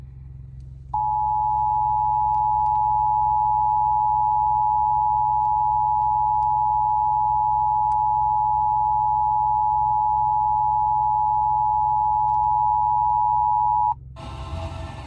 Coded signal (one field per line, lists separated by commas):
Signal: Emergency Alert System (SAME) tones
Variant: 853 and 960 Hz attention tone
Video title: LI Required Monthly Test on WALK-FM and WLIW-FM (9/8/22) (EAS 9059-9060)